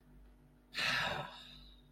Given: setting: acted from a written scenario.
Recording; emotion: vocal sound without words; relief